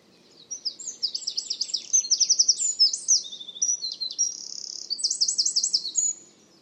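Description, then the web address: Bird song: a high, tinkling run of rapid repeated sliding notes and short trills lasting about six seconds, against near silence. "cianscape birddata Deverinetal 2025"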